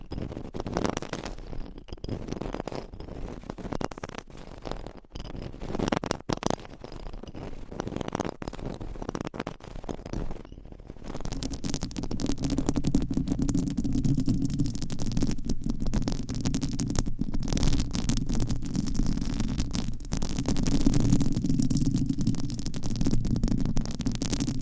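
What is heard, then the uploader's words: Scratching, tapping and massage sounds. The first ten seconds are dense and uneven, with irregular scratchy strokes and brief gaps. Around eleven seconds the sound grows louder and steadier, a continuous rubbing with a low hum-like layer running to the end. Scratching , Tapping & Massage with DIFFERENT Mics , Items & Nails.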